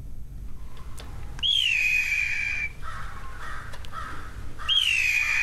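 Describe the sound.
Blue Jay mimicking a hawk scream: two long, hoarse, high screams that drop quickly and then hold steady, with softer lower notes between them; the second scream is cut off by the end.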